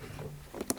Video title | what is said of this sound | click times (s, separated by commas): IPAD AED Battery | So if we just literally push it in now, it'll click in place, | 0.7 s